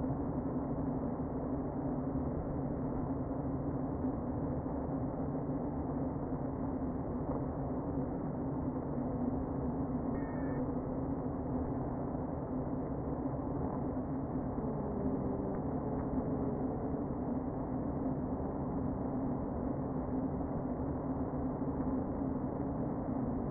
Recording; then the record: honeybee colony, microphone inside the hive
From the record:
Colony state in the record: queen present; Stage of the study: before two queens were removed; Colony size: about 60,000 bees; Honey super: yes